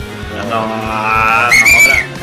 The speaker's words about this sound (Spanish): A ver, ¿tenemos un llamado telefónico? No, es la alarma